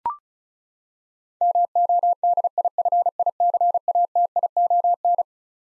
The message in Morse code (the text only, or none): MODIFICATION